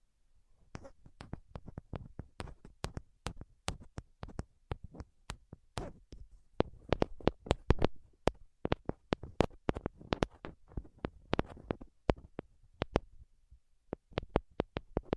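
Quick, sharp tapping clicks fire off in uneven bursts for the whole stretch, thickest mid-way, with a brief lull just before the end.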